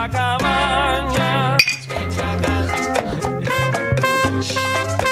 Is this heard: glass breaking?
yes